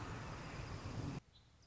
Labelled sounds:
Song Sparrow (Melospiza melodia)
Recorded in Sonoma County, California

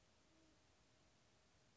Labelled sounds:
Band-tailed Pigeon (Patagioenas fasciata)
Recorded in Sonoma County, California

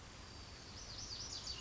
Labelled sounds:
Lazuli Bunting (Passerina amoena)
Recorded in Sonoma County, California

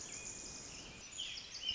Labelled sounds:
Pacific Wren (Troglodytes pacificus)
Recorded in Sonoma County, California

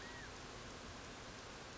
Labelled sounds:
California Quail (Callipepla californica)
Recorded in Sonoma County, California

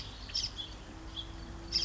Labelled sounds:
House Finch (Haemorhous mexicanus)
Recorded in Sonoma County, California

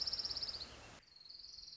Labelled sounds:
Orange-crowned Warbler (Leiothlypis celata)
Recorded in Sonoma County, California

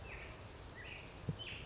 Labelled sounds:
Black-headed Grosbeak (Pheucticus melanocephalus)
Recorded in Sonoma County, California

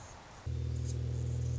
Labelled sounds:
Anna's Hummingbird (Calypte anna)
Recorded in Sonoma County, California

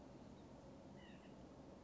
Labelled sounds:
White-breasted Nuthatch (Sitta carolinensis)
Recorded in Sonoma County, California

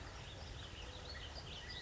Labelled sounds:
California Quail (Callipepla californica)
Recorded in Sonoma County, California

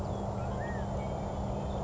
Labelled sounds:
California Quail (Callipepla californica)
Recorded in Sonoma County, California

